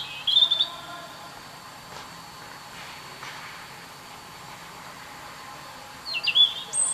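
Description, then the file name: European robin giving two brief high, thin warbled phrases, one at the start and one near the end, with quiet hiss between. "Erithacus rubecula"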